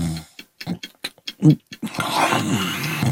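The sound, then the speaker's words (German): A man snores loudly and raspily: a run of short, throaty snorts that gives way to one long, drawn-out rattling breath. No one speaks. “Fingerstichen dieses Schnarchen unterbrechen.”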